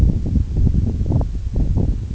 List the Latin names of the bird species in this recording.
none